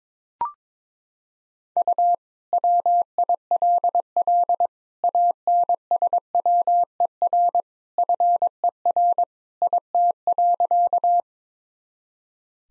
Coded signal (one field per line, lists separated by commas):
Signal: Morse code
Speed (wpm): 22 wpm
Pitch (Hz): 700 Hz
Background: none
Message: U WILL ANSWER FER IT.